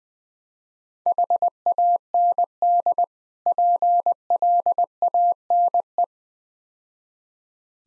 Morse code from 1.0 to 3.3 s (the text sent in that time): HAND